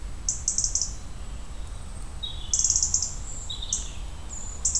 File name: verso pettirosso erithacus rubecula european robin petirrojo europeo